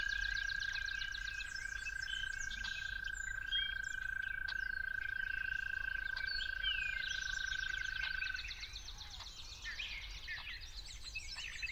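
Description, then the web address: Toad trilling steadily on one pitch for about eight seconds, then stopping while numerous birds keep chirping and whistling. Recorded at dawn. "musicofnature Toads at Dawn"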